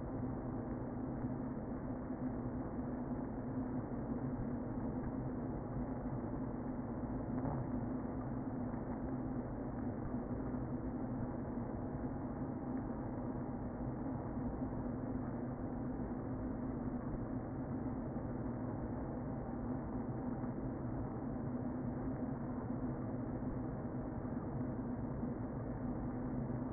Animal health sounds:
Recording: honeybee colony, microphone inside the hive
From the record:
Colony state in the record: queen present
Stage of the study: before two queens were removed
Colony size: about 60,000 bees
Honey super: yes

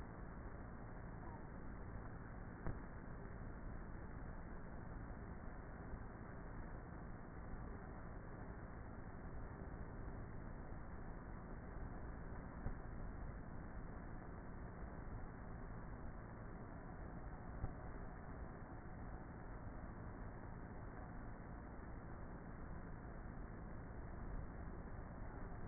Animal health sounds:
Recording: honeybee colony, microphone inside the hive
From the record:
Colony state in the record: queenless with a low population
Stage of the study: before two queens were removed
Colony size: about 30,000 bees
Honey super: no

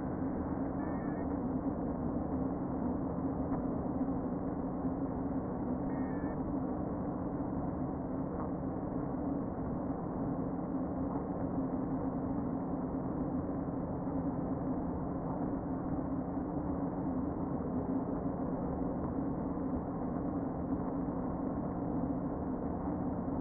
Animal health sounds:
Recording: honeybee colony, microphone inside the hive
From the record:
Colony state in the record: queen present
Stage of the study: before two queens were removed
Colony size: about 60,000 bees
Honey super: yes

